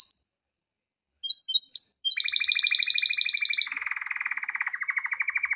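Canary song opening with a few scattered high chips, then a long, even buzzing trill that drops into a lower, coarser rattle.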